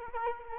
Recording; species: mosquito wingbeat signal from an infrared sensor; Culex quinquefasciatus